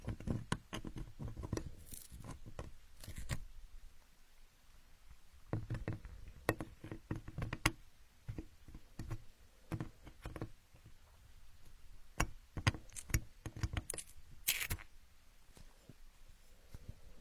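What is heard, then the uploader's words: Building blocks clatter and click, with sharp hard knocks and short scraping rubs coming in irregular bursts. The busiest stretches fall in the first few seconds, around six to eight seconds, and near the end, separated by brief quiet gaps. Asmr, playing with building blocks.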